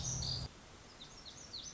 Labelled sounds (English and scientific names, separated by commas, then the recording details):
Lazuli Bunting (Passerina amoena)
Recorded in Sonoma County, California